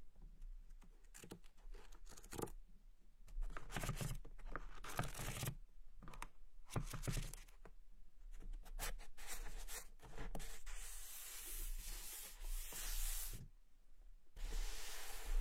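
Paper rustling as book pages are turned, with irregular crisp bursts and rubbing strokes through the first ten seconds. After about ten seconds the sound becomes a denser, steadier brushing hiss, dipping briefly near thirteen seconds before resuming. A low steady hum runs underneath throughout.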